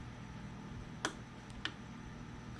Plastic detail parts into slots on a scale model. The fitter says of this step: so these will just go right down in and snap in place